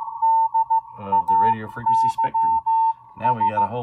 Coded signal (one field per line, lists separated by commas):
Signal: Morse code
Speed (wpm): 15 wpm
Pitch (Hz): 900 Hz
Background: speech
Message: DAYS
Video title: RTL-SDR (software defined radio) demo